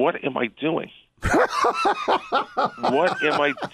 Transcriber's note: laughing